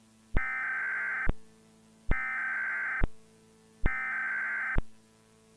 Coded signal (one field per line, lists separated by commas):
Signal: Emergency Alert System (SAME) tones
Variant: header bursts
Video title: EAS Mock #11: 2011 National EAS Test Recreation